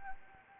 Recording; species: mosquito wingbeat signal from an infrared sensor; Anopheles arabiensis